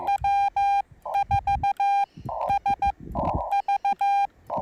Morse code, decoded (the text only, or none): W4SV